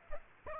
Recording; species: mosquito wingbeat signal from an infrared sensor; Aedes aegypti